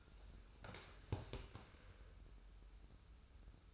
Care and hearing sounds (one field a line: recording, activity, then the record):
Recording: daily activity, microphone in the room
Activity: sit down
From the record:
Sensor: 2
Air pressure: 994.3 hPa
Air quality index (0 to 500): 202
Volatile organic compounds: 1000 ppm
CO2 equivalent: 6629 ppm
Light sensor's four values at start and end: 89/204/89/92 and 112/267/113/117